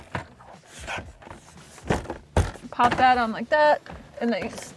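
Plastic press-fit retaining clips on a removed Escape trailer interior panel or cover are being handled by hand as the part is pushed back toward its mounts, with someone talking over a few short knocks and handling taps. Nothing has seated or clicked into place yet.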